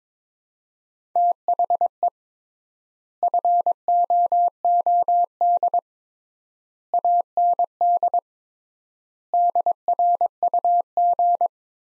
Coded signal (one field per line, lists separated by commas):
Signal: Morse code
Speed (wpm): 22 wpm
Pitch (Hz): 700 Hz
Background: none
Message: THE FOOD AND DRUG